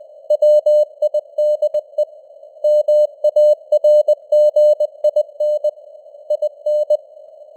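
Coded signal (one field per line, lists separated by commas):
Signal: Morse code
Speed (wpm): 20 wpm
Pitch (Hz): 600 Hz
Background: none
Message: WIDE MARGIN IN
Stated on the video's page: News headlines at 20 wpm with simulated radio noise and varying signal strength (QSB).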